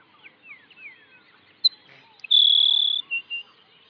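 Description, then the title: Grassland sparrow song: a thin high note, then a long, even insect-like buzz lasting under a second, followed by two short high notes; faint chirps of other birds behind. "LuckyPassaro Completos2Sama. Grassland Sparrow (Ammodramus humeralis)"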